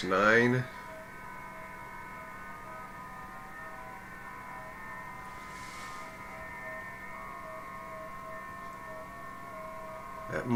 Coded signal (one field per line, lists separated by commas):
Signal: FT8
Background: speech